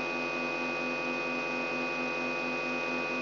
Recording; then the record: brain microelectrode recording played as sound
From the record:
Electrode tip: outside the subthalamic nucleus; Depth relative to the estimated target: 3 mm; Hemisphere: right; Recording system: AlphaMap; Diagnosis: Parkinson's disease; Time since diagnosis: 9 years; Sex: female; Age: 46 years